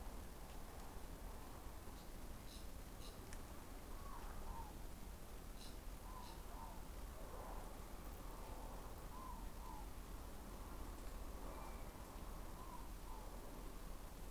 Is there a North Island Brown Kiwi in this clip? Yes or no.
no